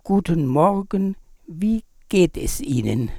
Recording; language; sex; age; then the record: spoken sentence; German; male; 70 to 79 years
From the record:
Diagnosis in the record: recurrent laryngeal nerve paralysis, presbyphonia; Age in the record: 77 years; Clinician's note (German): Links, nach Strumektomie bei beginnender vox senilis